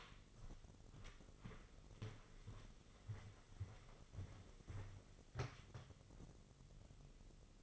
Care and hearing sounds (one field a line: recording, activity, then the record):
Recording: daily activity, microphone in the room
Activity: walk to room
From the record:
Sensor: 4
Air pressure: 996.3 hPa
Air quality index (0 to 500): 76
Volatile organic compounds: 3 ppm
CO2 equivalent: 1428 ppm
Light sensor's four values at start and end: 19/52/20/21 and 18/50/19/20